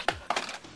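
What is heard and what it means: Pressing the protruding button on an action figure releases its cocked arm, and the figure spring-launches its plastic hammer accessory out of its hand with a sharp snap at 0.1 s. Two more bright impacts follow at about 0.3 s and 0.4 s, likely the hammer landing, then the sound fades. The hammer is released.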